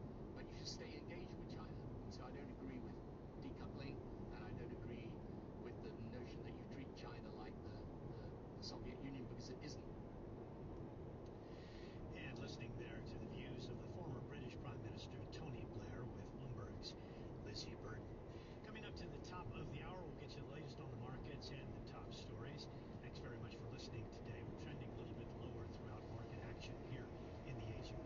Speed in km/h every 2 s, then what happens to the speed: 50, 51, 51, 52, 52, 53, 53, 53, 54, 54, 53, 53, 54, 55.
0-28 steady at about 53.